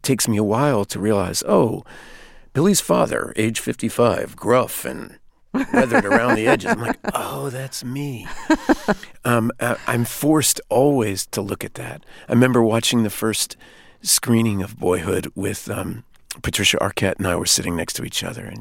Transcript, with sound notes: It takes me a while to realize, oh, Billy's father, age 55, gruff and weathered around the edges. I'm like, oh, that's me.
(Laughter).
I'm forced always to look at that. I remember watching the first screening of "Boyhood" with - Patricia Arquette and I were sitting next to each other,